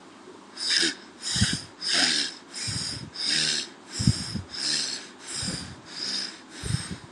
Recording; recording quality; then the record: shallow breathing; excellent, no background noise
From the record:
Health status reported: healthy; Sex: male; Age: 25 years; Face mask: not worn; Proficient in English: yes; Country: India